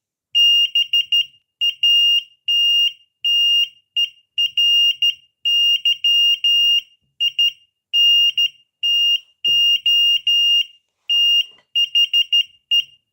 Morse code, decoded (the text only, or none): BATTERY INTO THE